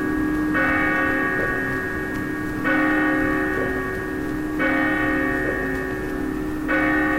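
Bells ring in a steady sequence, a loud strike roughly every two seconds, each rich, shimmering tone sustaining into the next over a constant low rumble, with no voices.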